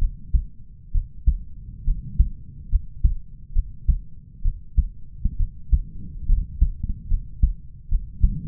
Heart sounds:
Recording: heart sounds by stethoscope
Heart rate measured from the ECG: 69 bpm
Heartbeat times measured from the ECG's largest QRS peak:
0.92 s: heartbeat
1.84 s: heartbeat
2.69 s: heartbeat
3.53 s: heartbeat
4.42 s: heartbeat
5.37 s: heartbeat
6.26 s: heartbeat
7.08 s: heartbeat
7.89 s: heartbeat
From the record:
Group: healthy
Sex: male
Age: 20 years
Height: 187 cm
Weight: 68.9 kg

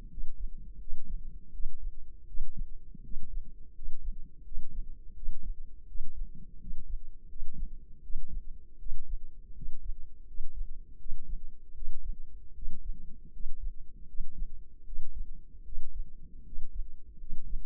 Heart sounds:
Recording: heart sounds by microphone in the left ear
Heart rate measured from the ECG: 81 bpm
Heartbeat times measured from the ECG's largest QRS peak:
0.07 s: heartbeat
0.77 s: heartbeat
1.50 s: heartbeat
2.24 s: heartbeat
3.00 s: heartbeat
3.72 s: heartbeat
4.42 s: heartbeat
5.12 s: heartbeat
5.84 s: heartbeat
6.57 s: heartbeat
7.26 s: heartbeat
8.00 s: heartbeat
8.76 s: heartbeat
9.52 s: heartbeat
10.24 s: heartbeat
10.96 s: heartbeat
11.72 s: heartbeat
12.52 s: heartbeat
13.29 s: heartbeat
14.04 s: heartbeat
14.82 s: heartbeat
15.62 s: heartbeat
16.42 s: heartbeat
17.16 s: heartbeat
From the record:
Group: healthy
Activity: rest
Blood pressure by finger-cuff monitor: 109/62 mmHg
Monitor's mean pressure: 73 mmHg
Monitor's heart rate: 81 bpm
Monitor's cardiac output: 5.9 L/min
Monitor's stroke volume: 74 mL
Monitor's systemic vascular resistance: 890 dyn s/cm5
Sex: male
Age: 20 years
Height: 167 cm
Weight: 61 kg

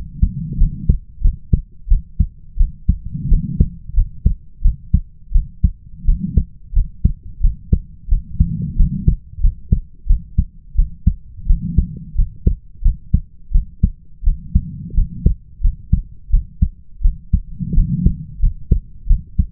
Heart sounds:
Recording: heart sounds by stethoscope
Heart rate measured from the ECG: 88 bpm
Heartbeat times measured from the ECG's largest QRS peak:
0.58 s: heartbeat
1.22 s: heartbeat
1.88 s: heartbeat
2.57 s: heartbeat
3.29 s: heartbeat
3.94 s: heartbeat
4.62 s: heartbeat
5.32 s: heartbeat
6.05 s: heartbeat
6.73 s: heartbeat
7.41 s: heartbeat
8.09 s: heartbeat
8.77 s: heartbeat
9.41 s: heartbeat
10.07 s: heartbeat
10.76 s: heartbeat
11.47 s: heartbeat
12.15 s: heartbeat
12.82 s: heartbeat
13.52 s: heartbeat
14.24 s: heartbeat
14.94 s: heartbeat
15.61 s: heartbeat
16.30 s: heartbeat
17.02 s: heartbeat
17.74 s: heartbeat
18.40 s: heartbeat
19.07 s: heartbeat
From the record:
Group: healthy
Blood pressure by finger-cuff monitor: 101/57 mmHg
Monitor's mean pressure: 71 mmHg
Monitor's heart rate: 88 bpm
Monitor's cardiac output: 7.6 L/min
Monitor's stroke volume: 87 mL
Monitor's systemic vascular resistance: 660 dyn s/cm5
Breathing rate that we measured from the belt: 21 breaths a minute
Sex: female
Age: 22 years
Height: 157 cm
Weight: 47.6 kg

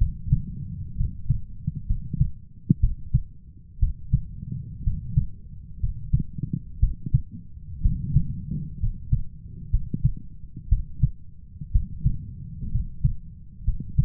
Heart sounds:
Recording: heart sounds by stethoscope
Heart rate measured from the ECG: 62 bpm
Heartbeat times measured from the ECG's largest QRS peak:
0.96 s: heartbeat
1.86 s: heartbeat
2.79 s: heartbeat
3.78 s: heartbeat
4.83 s: heartbeat
5.79 s: heartbeat
6.79 s: heartbeat
7.81 s: heartbeat
8.79 s: heartbeat
9.70 s: heartbeat
10.68 s: heartbeat
11.71 s: heartbeat
12.70 s: heartbeat
13.63 s: heartbeat
From the record:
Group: healthy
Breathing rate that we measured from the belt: 15 breaths a minute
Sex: male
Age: 23 years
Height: 178 cm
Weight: 96.6 kg

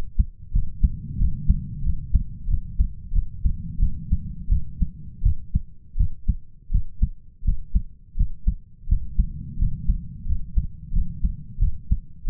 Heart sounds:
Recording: heart sounds by stethoscope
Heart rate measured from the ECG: 87 bpm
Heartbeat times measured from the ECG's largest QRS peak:
0.53 s: heartbeat
1.18 s: heartbeat
1.83 s: heartbeat
2.48 s: heartbeat
3.12 s: heartbeat
3.79 s: heartbeat
4.49 s: heartbeat
5.22 s: heartbeat
5.97 s: heartbeat
6.71 s: heartbeat
7.44 s: heartbeat
8.16 s: heartbeat
8.88 s: heartbeat
9.58 s: heartbeat
10.26 s: heartbeat
10.93 s: heartbeat
11.59 s: heartbeat
12.26 s: heartbeat
From the record:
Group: healthy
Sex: male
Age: 33 years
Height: 179 cm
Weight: 80.4 kg

